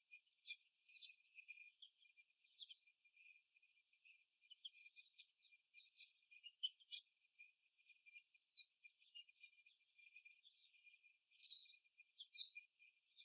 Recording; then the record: young laying hens in a cage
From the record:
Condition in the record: after the stressor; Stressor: simulated dog barking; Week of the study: 1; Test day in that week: 1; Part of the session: 1